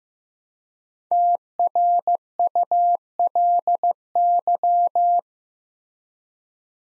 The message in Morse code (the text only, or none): TRULY